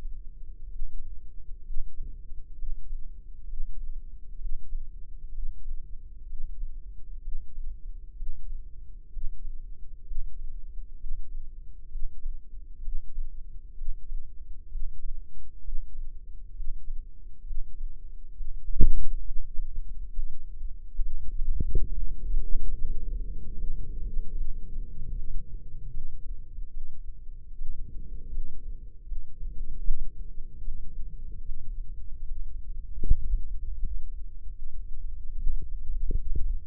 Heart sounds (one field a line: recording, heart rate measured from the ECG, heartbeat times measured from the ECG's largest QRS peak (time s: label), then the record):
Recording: heart sounds by microphone in the left ear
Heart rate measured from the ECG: 70 bpm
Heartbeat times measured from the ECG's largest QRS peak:
0.67 s: heartbeat
1.62 s: heartbeat
2.55 s: heartbeat
3.45 s: heartbeat
4.37 s: heartbeat
5.30 s: heartbeat
6.25 s: heartbeat
7.20 s: heartbeat
8.14 s: heartbeat
9.09 s: heartbeat
10.03 s: heartbeat
10.96 s: heartbeat
11.87 s: heartbeat
12.80 s: heartbeat
13.74 s: heartbeat
14.68 s: heartbeat
15.60 s: heartbeat
16.52 s: heartbeat
17.42 s: heartbeat
18.32 s: heartbeat
19.21 s: heartbeat
20.10 s: heartbeat
20.98 s: heartbeat
21.87 s: heartbeat
22.74 s: heartbeat
23.55 s: heartbeat
24.33 s: heartbeat
25.12 s: heartbeat
25.89 s: heartbeat
26.69 s: heartbeat
27.54 s: heartbeat
28.29 s: heartbeat
29.04 s: heartbeat
29.81 s: heartbeat
30.61 s: heartbeat
31.42 s: heartbeat
32.24 s: heartbeat
33.03 s: heartbeat
33.78 s: heartbeat
34.51 s: heartbeat
35.24 s: heartbeat
35.96 s: heartbeat
36.66 s: heartbeat
From the record:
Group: healthy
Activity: Valsalva maneuver 0-21 s, rest 21-37 s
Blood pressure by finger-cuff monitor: 128/81 mmHg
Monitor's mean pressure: 96 mmHg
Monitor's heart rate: 67 bpm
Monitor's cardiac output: 5.3 L/min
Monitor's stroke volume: 76 mL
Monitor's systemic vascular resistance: 980 dyn s/cm5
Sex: female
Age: 22 years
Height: 171 cm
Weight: 65.6 kg